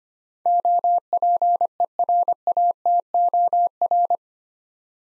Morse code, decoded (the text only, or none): OPERATOR